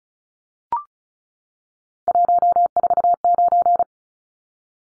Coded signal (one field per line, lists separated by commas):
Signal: Morse code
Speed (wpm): 34 wpm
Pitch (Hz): 700 Hz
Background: none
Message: 149